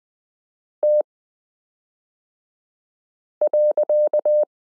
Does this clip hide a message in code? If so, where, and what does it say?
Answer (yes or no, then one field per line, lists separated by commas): yes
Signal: Morse code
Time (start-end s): 0.8-4.4 s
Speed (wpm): 20 wpm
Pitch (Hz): 600 Hz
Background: none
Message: T.